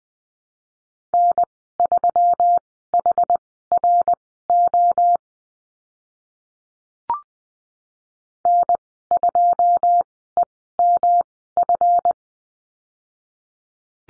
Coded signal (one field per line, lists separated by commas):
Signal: Morse code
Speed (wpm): 20 wpm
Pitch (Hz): 700 Hz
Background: none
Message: N3HRO N2EMF